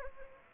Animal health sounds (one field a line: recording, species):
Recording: mosquito wingbeat signal from an infrared sensor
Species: Anopheles gambiae